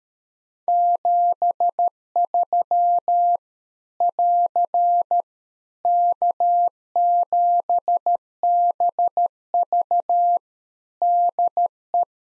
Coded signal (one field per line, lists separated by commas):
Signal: Morse code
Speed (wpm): 13 wpm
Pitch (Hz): 700 Hz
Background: none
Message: 73 <AR> K7BV DE